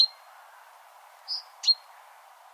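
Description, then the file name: Great tit calls, a single sharp high note, then a soft short note and another sharp clipped note, with quiet background hiss. "Parus major"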